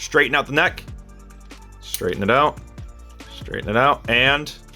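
Someone talks while handling the plastic dragon neck of a Transformers WFC Earthrise Sky Lynx robot toy, straightening it out toward the shuttle body during conversion to shuttle mode. Only faint handling noises are heard under the speech. Nothing has clicked into place yet.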